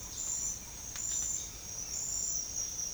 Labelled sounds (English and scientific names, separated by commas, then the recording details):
none
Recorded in pastures near Puerto Asís, Putumayo, Colombia, on 8 March 2025 at 08:30
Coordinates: 0.502, -76.324
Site GP07